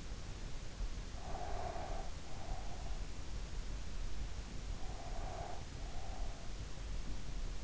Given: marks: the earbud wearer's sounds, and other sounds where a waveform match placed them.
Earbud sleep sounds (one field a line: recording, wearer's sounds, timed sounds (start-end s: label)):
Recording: sounds in sleep by an in-ear microphone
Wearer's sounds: breath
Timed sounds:
1.21-3.12 s: breath
4.81-6.55 s: breath